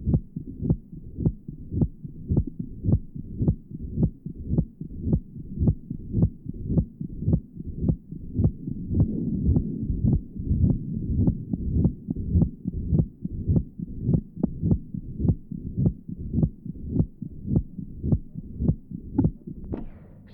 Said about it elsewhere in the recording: Patient has tight mitral stenosis, recording taken from mitral area. The murmur you hear is a diastolic murmur. Note the loud first sound and the opening snap following the second sound.